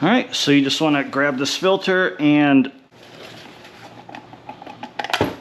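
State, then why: Released. Someone talks, then handling sounds follow as the used cartridge oil filter element is yanked off the plastic filter cap it was snapped into during an oil change on a 2023 Jeep Grand Cherokee Limited with the 3.6 Pentastar V6. It has to be pulled hard because it snaps into place, and sharp pops at 5.0 s and 5.1 s mark the element releasing from the cap.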